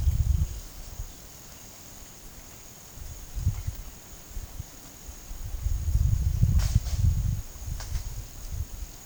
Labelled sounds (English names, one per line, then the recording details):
none
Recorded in pastures near Puerto Asís, Putumayo, Colombia, on 25 June 2025 at 11:30
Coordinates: 0.472, -76.331
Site G095